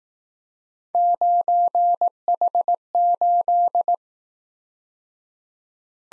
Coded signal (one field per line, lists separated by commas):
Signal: Morse code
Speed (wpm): 18 wpm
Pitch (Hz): 700 Hz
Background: none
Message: 9H8